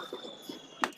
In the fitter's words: noin nyt se naksahti.